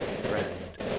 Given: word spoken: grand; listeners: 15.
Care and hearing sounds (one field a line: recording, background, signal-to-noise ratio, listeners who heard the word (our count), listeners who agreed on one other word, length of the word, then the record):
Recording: one English word in noise, from a listening test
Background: noise modulated by three-talker babble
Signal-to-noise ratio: -3.4 dB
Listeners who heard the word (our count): 1 of 15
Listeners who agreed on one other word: 8 of 15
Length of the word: 0.59 s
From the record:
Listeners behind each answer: 8, 1, 1, 1, 1, 1, 1, 1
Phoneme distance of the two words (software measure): 10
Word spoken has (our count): 1 syllable, 5 phonemes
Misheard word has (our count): 1 syllable, 5 phonemes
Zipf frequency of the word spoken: 4.96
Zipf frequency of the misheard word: 4.68